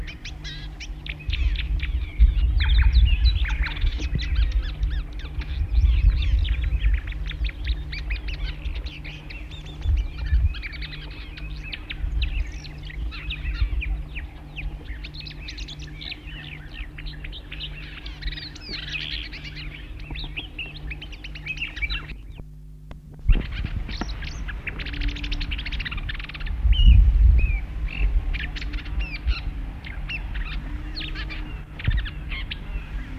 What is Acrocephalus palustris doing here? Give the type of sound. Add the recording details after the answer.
song. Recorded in the wild. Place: Farm Frauenstein. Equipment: Halbspur, 9,5 cm/s. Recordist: Lütgens, Hans